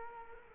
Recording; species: mosquito wingbeat signal from an infrared sensor; Culex quinquefasciatus